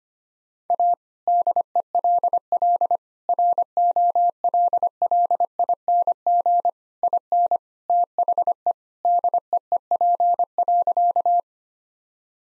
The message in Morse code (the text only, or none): A DELL ROLLING IN THE DEEP.